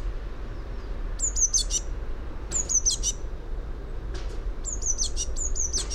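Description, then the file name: Eurasian blue tit call: thin high notes gliding down and leading into rough buzzy notes, repeated four times over a low rumble. "Cyanistes caeruleus"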